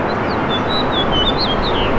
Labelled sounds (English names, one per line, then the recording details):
House Finch song
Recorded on Long Island, New York, on 13 June 2011
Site MH
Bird B